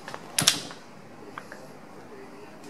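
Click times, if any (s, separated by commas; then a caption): 0.4 s, 0.5 s. An iCandy Strawberry stroller is unfolded by pulling the handle up, and its folding latch locks the frame open with sharp clicks at 0.4 and 0.5 seconds. A softer tick follows around 1.4 seconds before the mechanism falls quiet, leaving the frame seated open.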